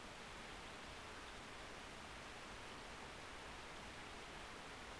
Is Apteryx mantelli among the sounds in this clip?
no